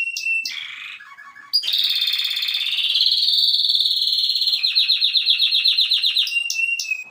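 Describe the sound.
Canary song: short sharp notes and sliding notes, a long high buzzy trill, then fast repeated rolling syllables and sharp chips at the end.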